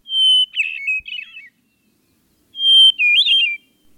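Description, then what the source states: Hermit thrush song: two phrases, each opening with a long pure whistled note followed by a quick jumble of tumbling, warbled notes. Played as a quiz hint; the song's giveaway is a strong first note, then it trails off downward like an echo of itself.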